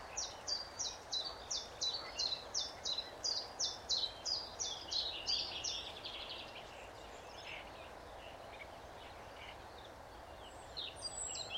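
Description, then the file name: Eurasian blackcap giving a rapid run of high chirping notes for about six seconds that fades into a softer warble, over steady background noise. "Sylvia atricapilla"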